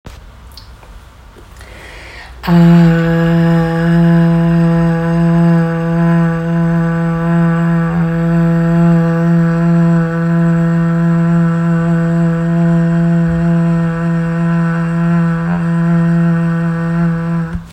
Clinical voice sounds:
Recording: sustained vowel /a/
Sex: female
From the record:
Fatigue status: no fatigue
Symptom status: symptomatic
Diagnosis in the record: COVID-19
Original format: m4a

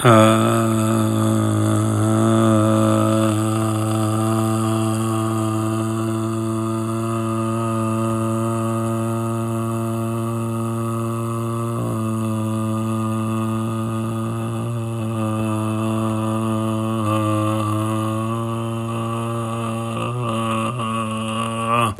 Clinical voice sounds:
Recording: sustained vowel /a/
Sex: male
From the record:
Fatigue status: fatigue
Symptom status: symptomatic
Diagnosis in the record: COVID-19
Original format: m4a

